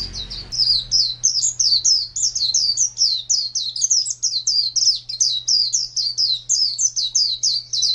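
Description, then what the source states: White-eye delivering a sustained stream of high, buzzy, sweeping notes at a brisk steady pace, a short low thump at the start and steady hum throughout. White-eye (pleci) song in the style named ngalas panjang.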